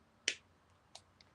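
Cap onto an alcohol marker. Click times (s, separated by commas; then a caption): 0.3 s. After being cleaned with a napkin and a Q-tip, a cap is pushed back onto an alcohol marker and clicks shut with a sharp, bright click at 0.3 s, so the cap is seated. Two fainter, short clicks follow at 1.0 s and 1.2 s over a quiet background.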